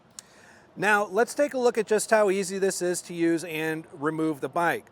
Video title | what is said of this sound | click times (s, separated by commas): etrailer - Kuat Piston Pro 2 Bike Rack Fit Check - 2024 Toyota 4Runner | Lift the bike back up into place until it clicks. Once it clicks, we're back into a secure position. | 0.2 s